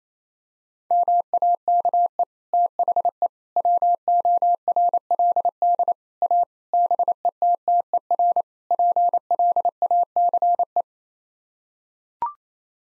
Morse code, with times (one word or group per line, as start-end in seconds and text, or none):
0.9-2.2 MAKE
2.5-3.3 THE
3.6-5.9 WORLD
6.2-6.4 A
6.7-8.4 BETTER
8.7-10.8 PLACE